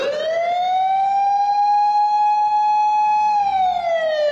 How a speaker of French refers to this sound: Les sirènes retentissent au loin, mais aucune ne se dirige vers eux.